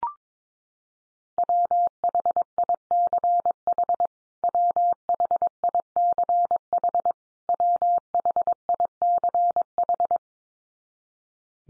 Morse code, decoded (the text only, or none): WHICH WHICH WHICH